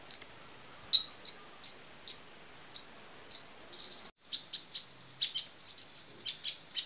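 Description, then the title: Small bird calling: evenly spaced, high, slightly falling chirps, then a run of faster, buzzier, higher notes toward the end. "Burung Kecil"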